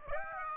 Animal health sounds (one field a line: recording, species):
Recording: mosquito wingbeat signal from an infrared sensor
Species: Aedes aegypti